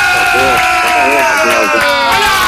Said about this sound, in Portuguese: Eu quero que vocês recebam com uma salva de palmas